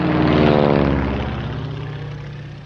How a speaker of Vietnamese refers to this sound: Khoảng non trưa, địch lại tiếp tục cho trực thăng đổ quân xuống.